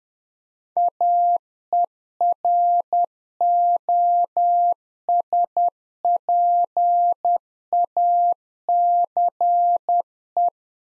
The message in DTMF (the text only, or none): none